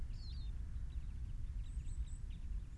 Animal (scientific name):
Fringilla coelebs